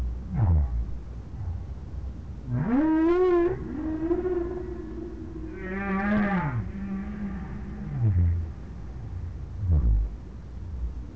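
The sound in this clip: Whale sounds: a short low downsweep, then two longer wavering harmonic moans that rise and then fall, then two more short low downsweeps.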